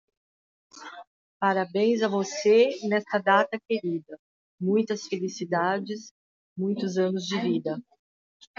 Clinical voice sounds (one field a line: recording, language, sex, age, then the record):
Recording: short text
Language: Brazilian Portuguese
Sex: female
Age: 50 to 59 years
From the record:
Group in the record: control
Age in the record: 52 years